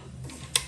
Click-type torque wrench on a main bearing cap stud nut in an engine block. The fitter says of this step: Right there. Let's listen for the click.